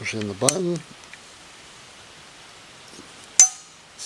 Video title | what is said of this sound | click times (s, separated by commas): FISKARS 10 IN FOLDING SAW REVIEW | snaps right in so let's go ahead and get some soft wood and some hardwood | 3.4 s